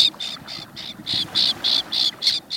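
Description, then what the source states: Common Terns giving harsh, grating calls, a rapid series of rasping notes several per second, over a soft background hiss. Flock of common terns flying over a coastal estuary in September, light breeze; harsh voices.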